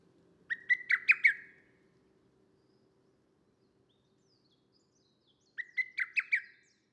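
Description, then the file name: Lesser cuckoo giving two loud, staccato phrases of five rapid, clipped notes about five seconds apart, with quiet between them. Recorded 25 June 2010. "20100625 01 hototogis"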